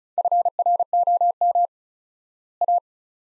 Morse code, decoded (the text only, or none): FROM A